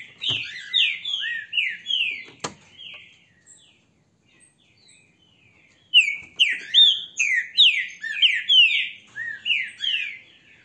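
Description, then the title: Green-winged saltator song: rapid falling whistled slurs for nearly three seconds, a pause of near silence, then another loud burst of descending whistles. Strong, loud song. "Canto De Trinca Ferro. ESSE CANTA FORTE, Trinca ferro PEITO DE AÇO"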